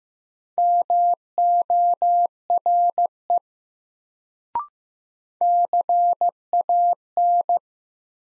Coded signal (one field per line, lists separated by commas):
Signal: Morse code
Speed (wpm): 15 wpm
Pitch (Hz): 700 Hz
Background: none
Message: MORE CAN